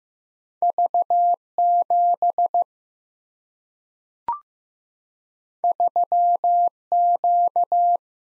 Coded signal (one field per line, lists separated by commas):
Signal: Morse code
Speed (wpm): 15 wpm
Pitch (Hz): 700 Hz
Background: none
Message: V7 3Q